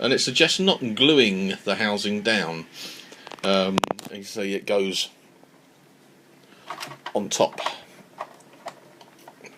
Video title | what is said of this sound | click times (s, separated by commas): Unboxing, Build and Paint, Warlord Games / Italeri Plastic Church, Suitable for 28mm (Cough) | it will fit yeah there it goes click and it's in | 8.2 s